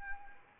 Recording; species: mosquito wingbeat signal from an infrared sensor; Anopheles arabiensis